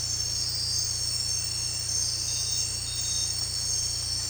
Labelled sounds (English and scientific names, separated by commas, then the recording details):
none
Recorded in dense forest near Puerto Asís, Putumayo, Colombia, on 18 December 2024 at 22:30
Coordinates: 0.467, -76.328
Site GP05